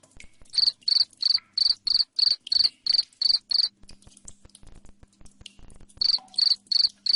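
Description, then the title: Cricket giving rapid high-pitched chirps, a steady run of around ten pulses, a quiet stretch with soft clicks, then another short burst of chirps. Loud cricket chirping ('ngerik') played to make lovebirds sing continuously ('ngekek'). "Suara JANGKRIK NGERIK Keras Bikin LOVEBIRD Jadi NGEKEK Terus Vubey"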